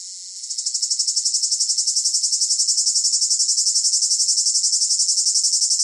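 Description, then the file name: Cicada whine begins as a smooth high tone, then within half a second breaks into loud, rapid rhythmic pulses that continue steadily. Close up; rhythmic chirping in long phrases with a piercing whine. "gain walkers CICADA Close Up Rhythmic Chirping Long Phrases Piercing Whine"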